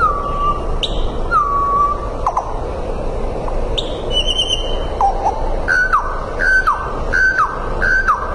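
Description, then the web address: Common nightingale song of long pure whistles followed by several short, sharp downslurred notes, over constant background noise. "Sedaye Bolbol Hezar Dastan. صدای-بلبل-هزار-دستان"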